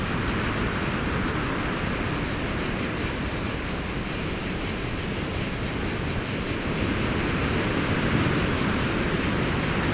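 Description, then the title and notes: High cicada buzzing throbs on in quick pulses, partly masked by strong wind rushing and a low rumble. Fontvieille, France; pine wood during mistral wind; two Shure BG 4.0 mics, DIY windscreen, Tascam DA-P1 DAT recorder; excerpt from CDR copy. "Fontvieille, France - Mistral et cigales. Le Mistral dans la pinède les cigales et insectes au sol , quelques bruits de circulation"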